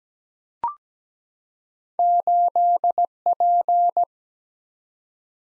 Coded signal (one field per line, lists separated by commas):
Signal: Morse code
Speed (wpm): 17 wpm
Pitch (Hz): 700 Hz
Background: none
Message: 8P